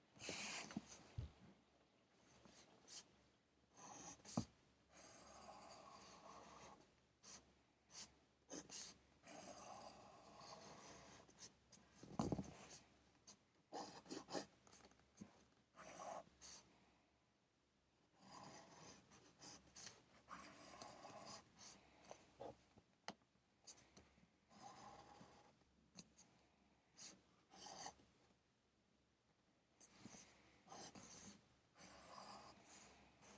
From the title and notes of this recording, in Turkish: Sessiz odada 60 dakika boyunca kurşun kalem ile ders çalışma; ortam sesleri, beyaz gürültü alt yapısı.